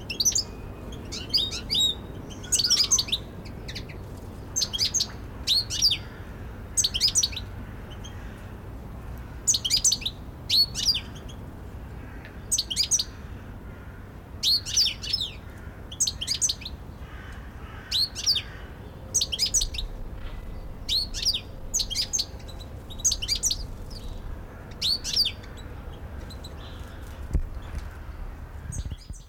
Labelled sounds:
European Goldfinch (Carduelis carduelis)
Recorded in captivity
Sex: diverse
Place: Zoo Berlin, Berlin, DE
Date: 1996-03-13 15:44
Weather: bedeckt, 2°C
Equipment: Sony WM-D6C, Sennheiser ME 80, Kopie Uher 4000 Report Monitor
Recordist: Tembrock, Günter

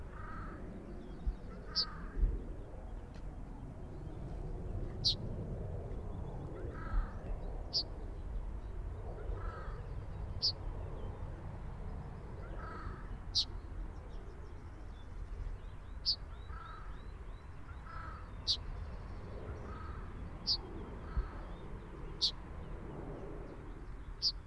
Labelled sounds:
Yellowhammer (Emberiza citrinella)
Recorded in the wild
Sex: male
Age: adult
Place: Hobrechtsfelder Rieselfelder, Naturpark Barnim, Brandenburg, DE
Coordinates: 52.6778, 13.5186
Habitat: Feldflur
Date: 2006-04-20
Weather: heiter, windstill, ca. 12°C
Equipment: Edirol R-4, Sennheiser MKH 70, Windkorb
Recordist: Frommolt, Karl-Heinz

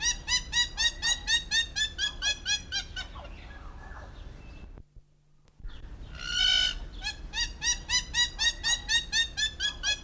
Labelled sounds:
Common Hill Myna (Gracula religiosa)
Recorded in captivity
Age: adult
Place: Zoo Berlin, Berlin, DE
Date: 1993-08-04 18:53
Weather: heiter,25 °C
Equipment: Marantz CP 430, Sennheiser ME 80, Kopie Uher Variocord 263
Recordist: Tembrock, Günter

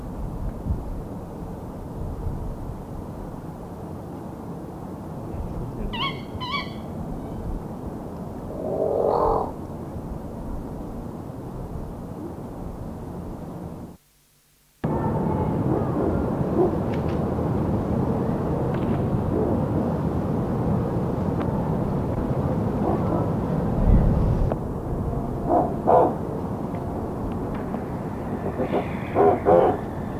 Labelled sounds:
Rufous-legged Owl (Strix rufipes) call
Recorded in captivity
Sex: diverse
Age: adult
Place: Vogelpark Bad Schwartau, Schleswig-Holstein, DE
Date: 1982-12-02
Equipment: Halbspur, 9,5 cm/s
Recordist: Lütgens, Hans

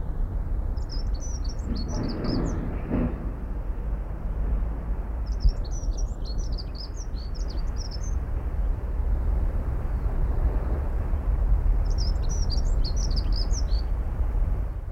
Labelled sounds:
Dunnock (Prunella modularis)
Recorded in the wild
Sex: male
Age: adult
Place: Kühlungsborn, Mecklenburg-Vorpommern, DE
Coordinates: 54.147, 11.742
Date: 1993-03-31
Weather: sonnig, ca. 5 ° C
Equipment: Marantz CP 430, Sennheiser ME 80, Kopie Uher Variocord 263
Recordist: Tembrock, Günter

